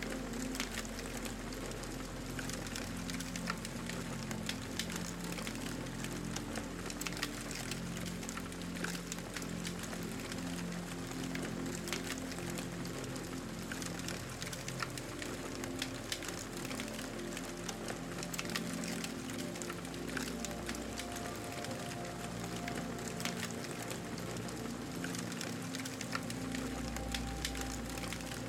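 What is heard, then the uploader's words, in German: A campfire crackles steadily and densely throughout, its small sharp pops scattered quickly across the whole stretch. Beneath it, a soft, low melody of sustained notes drifts along in the background, shifting pitch slowly. The overall level stays even from start to finish. SANFTE MUSIK und LAGERFEUER. Dem sanften Knistern eines Lagerfeuers und beruhigenden Melodien im Hintergrund.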